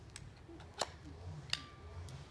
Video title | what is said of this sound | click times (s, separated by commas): Review of HBlife Hammock, Red 2 Person Cotton Canvas Portable Hammock | it clicks into place and then we will put the other one up | 1.5 s